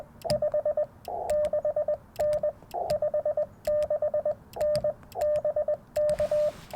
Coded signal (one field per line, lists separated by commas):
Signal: Morse code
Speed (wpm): 20 wpm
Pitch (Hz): 600 Hz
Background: radio noise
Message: 56N 56N BK